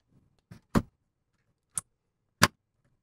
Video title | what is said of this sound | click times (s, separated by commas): Corsair Crystal 570X w/ H150i PRO RGB Build - ASRock Taichi Z370 / i7-8700K | You should hear a click from the latch when it's properly secured. | 1.8 s, 2.4 s